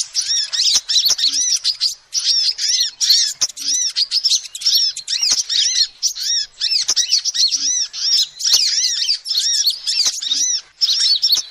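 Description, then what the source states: Lovebird calls, rapid shrill squeaks and chirps tumbling together in a near-continuous chatter with a few brief dropouts. Lovebird calls used as a lure to attract and trap birds.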